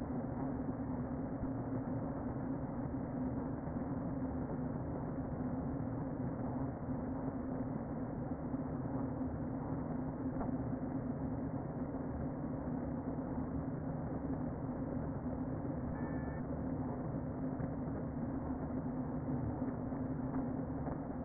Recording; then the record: honeybee colony, microphone inside the hive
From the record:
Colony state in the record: queen present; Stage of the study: before two queens were removed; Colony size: about 60,000 bees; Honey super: yes